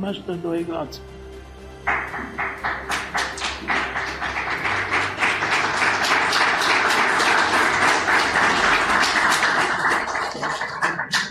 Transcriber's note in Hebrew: מחיאות כפיים